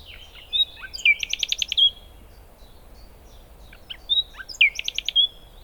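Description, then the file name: Common nightingale song in two phrases, each opening with a thin whistle and then a quick series of loud, pulsing repeated notes. "Luscinia megarhynchos"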